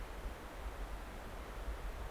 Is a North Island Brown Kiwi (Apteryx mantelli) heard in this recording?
no